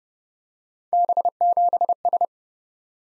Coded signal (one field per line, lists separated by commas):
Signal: Morse code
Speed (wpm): 30 wpm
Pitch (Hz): 700 Hz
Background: none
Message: B7S